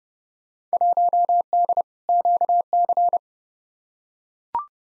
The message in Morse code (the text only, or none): 1D QC